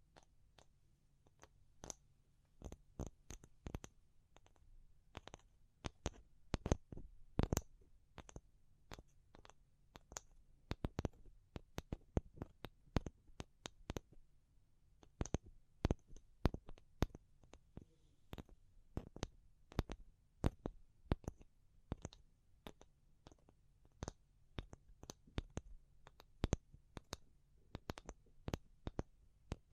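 Fingers tap in sharp, crisp strikes, sometimes in quick bursts and sometimes spaced out, running steadily across the whole half minute. The rhythm shifts between fast clusters and slower single taps, with a slight pause near fifteen seconds, over a faint low hum.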